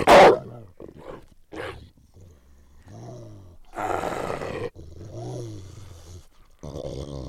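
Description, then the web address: Wolf growls and whines: a sharp opening burst, then low rumbling growls broken by short whimpering notes and breathy snarls. "animal wolf"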